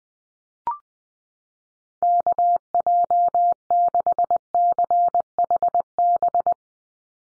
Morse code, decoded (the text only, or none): KJ6CHB